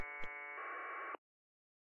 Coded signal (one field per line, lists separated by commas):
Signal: packet radio (AX.25, as in APRS)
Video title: SmartSDR Flex 6700 APRS 2M HowTo